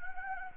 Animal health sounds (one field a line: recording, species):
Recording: mosquito wingbeat signal from an infrared sensor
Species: Anopheles gambiae